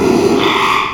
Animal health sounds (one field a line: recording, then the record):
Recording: squeal of a Yucatan mini pig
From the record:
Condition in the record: after surgery on the right vocal fold (resection and tissue-engineered implant)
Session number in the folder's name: 1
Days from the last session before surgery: 6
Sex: male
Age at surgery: 12 weeks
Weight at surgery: 13 kg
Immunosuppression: cyclosporine, prednisolone